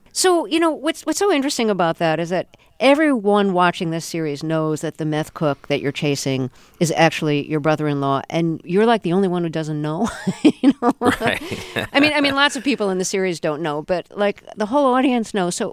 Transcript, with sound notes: So, you know, what's so interesting about that is that everyone watching this series knows that the meth cook that you're chasing is actually your brother-in-law, and you're, like, the only one who doesn't know, you know. Right?
(LAUGHTER) Right.
I mean, lots of people in the series don't know, but, like, the whole audience knows.